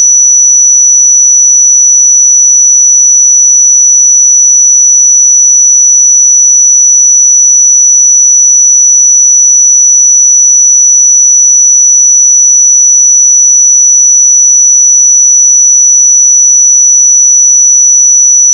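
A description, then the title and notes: A pure sine tone at 5918 Hz holds perfectly steady for the whole clip, a thin, bright, piercing whistle with no wavering in pitch or loudness. Nothing else is audible around it, just the single unchanging tone until it stops. 5918 Hz 1 Hz Interval Sine Pure Tone Frequency 441000 Sample Mono.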